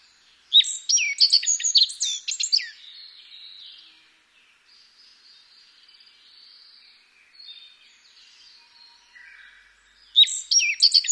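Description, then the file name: Black-faced bunting song: a bright, jumbled phrase of high chirps and trills lasting about two seconds, a long gap with faint notes, then the phrase begins again. "aoji"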